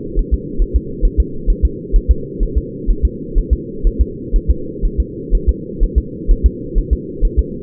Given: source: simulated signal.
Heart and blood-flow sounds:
fetal heart sounds
0.19 s: S1
0.34 s: S2
0.62 s: S1
0.76 s: S2
1.05 s: S1
1.20 s: S2
1.50 s: S1
1.65 s: S2
1.96 s: S1
2.11 s: S2
2.43 s: S1
2.58 s: S2
2.90 s: S1
3.05 s: S2
3.38 s: S1
3.53 s: S2
3.87 s: S1
4.01 s: S2
4.36 s: S1
4.50 s: S2
4.85 s: S1
5.00 s: S2
5.35 s: S1
5.49 s: S2
5.83 s: S1
5.98 s: S2
6.31 s: S1
6.46 s: S2
6.78 s: S1
6.93 s: S2
7.25 s: S1
7.39 s: S2
From the record:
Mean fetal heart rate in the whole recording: 130 bpm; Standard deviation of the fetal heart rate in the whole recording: 4 bpm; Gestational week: 38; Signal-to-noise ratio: -4.3 dB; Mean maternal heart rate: 72 bpm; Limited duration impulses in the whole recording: present

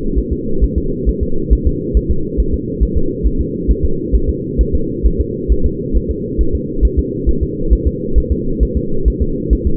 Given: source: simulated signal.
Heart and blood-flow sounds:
fetal heart sounds
0.18 s: S1
0.33 s: S2
0.64 s: S1
0.78 s: S2
1.09 s: S1
1.23 s: S2
1.53 s: S1
1.67 s: S2
1.97 s: S1
2.11 s: S2
2.40 s: S1
2.54 s: S2
2.83 s: S1
2.97 s: S2
3.27 s: S1
3.41 s: S2
3.71 s: S1
3.85 s: S2
4.15 s: S1
4.30 s: S2
4.61 s: S1
4.75 s: S2
5.06 s: S1
5.21 s: S2
5.52 s: S1
5.66 s: S2
5.97 s: S1
6.11 s: S2
6.41 s: S1
6.55 s: S2
6.85 s: S1
6.99 s: S2
7.29 s: S1
7.43 s: S2
7.73 s: S1
7.87 s: S2
8.18 s: S1
8.32 s: S2
8.63 s: S1
8.77 s: S2
9.08 s: S1
9.22 s: S2
9.53 s: S1
9.67 s: S2
From the record:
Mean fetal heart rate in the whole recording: 135 bpm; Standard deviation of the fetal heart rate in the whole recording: 3 bpm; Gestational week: 34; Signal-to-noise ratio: -8.1 dB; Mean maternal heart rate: 72 bpm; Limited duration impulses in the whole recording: absent

